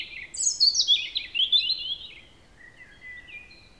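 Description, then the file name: European robin song phrase: quick tumbling, silvery trills sliding downward, followed by a few faint thin whistles. "Erithacus rubecula"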